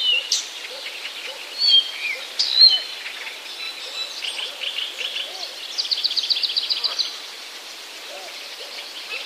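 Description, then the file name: Blyth's reed warbler song: whistles and scratchy notes at first, then a fast rattling run of repeated clicks, with soft low arched calls behind. "acrocephalus dumetorum"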